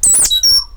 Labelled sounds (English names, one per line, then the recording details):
Stitchbird song
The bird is a male
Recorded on Tiritiri Matangi Island, New Zealand, in 2005
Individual 8, of nest box 10